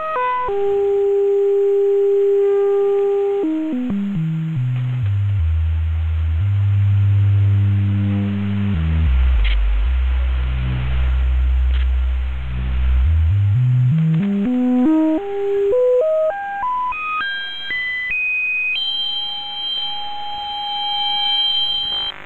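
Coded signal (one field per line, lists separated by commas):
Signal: unidentified radio signal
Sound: a steady test tone that drops in pitch step by step, then climbs in steps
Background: radio static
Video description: This test tone was observed changing in tone pitch, see spectrogram image in the video.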